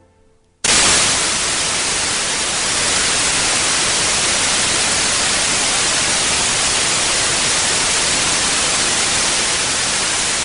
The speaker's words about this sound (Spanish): Bueno, pues este es el ruido blanco, el sonido en blanco, el white noise. Este es el que se puede utilizar, el más usado, y sobre este, sobre la modulación de este sonido, es posible que cambiándolo podamos entender, podamos registrar,